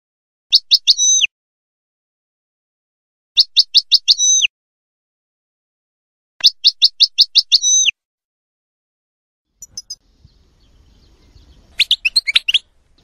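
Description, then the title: Bird song in three bursts of rapid high chirps about every three seconds, each ending in a falling note, then scattered chirps over a soft rumble. "oiseau5000kader"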